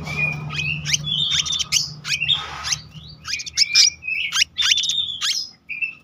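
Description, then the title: Selendang biru singing busy high phrases: clipped chirps and flat whistled notes strung together continuously, with a steady low hum underneath. Continuous rolling song style (gacor ngeroll) with fill-in phrases (isian). "BURUNG SELENDANG BIRU GACOR NGEROLL ISIAN"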